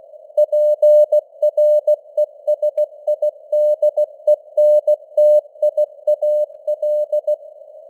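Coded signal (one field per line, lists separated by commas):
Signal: Morse code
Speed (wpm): 16 wpm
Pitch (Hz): 600 Hz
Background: none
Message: PRESIDENTIAL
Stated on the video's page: Morse news headlines at 16 wpm with simulated radio noise and varying signal strength (QSB).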